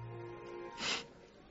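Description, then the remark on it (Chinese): A single short sniff through a stuffy nose, a brief breathy snort of air rising and fading in under a quarter second, after a faint low hum. “盛旺吸了吸鼻子，堵着不通气的感觉让他烦躁地皱起眉。”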